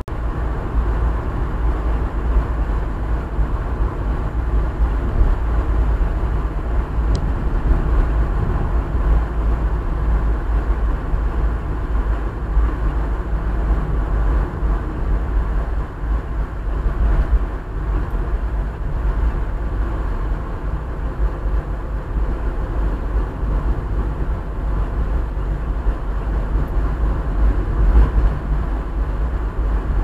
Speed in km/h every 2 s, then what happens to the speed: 56, 55, 55, 54, 53, 52, 51, 49, 49, 49, 47, 47, 47, 49, 49.
0-30 slows to 49.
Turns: none.